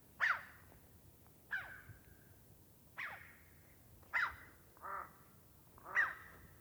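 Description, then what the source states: Crow calls, six harsh caws given singly about once a second, one softer and more nasal, over a quiet background. Crows in the mountains.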